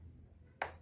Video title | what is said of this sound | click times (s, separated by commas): Is the Oraimo CyberVac the Best Budget Vacuum of 2025? Honest Unboxing & Test after 3 months of use | twist. There's a clicking sound that you'll hear. | 0.6 s